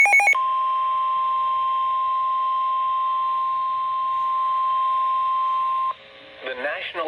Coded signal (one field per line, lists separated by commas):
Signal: Emergency Alert System (SAME) tones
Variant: 1050 Hz attention tone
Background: speech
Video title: SVR EAS 187